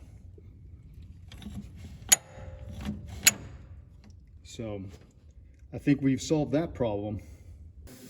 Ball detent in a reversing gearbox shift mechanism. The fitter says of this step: That's that little snap you hear when it goes into reverse and forward, and uh readjusted that.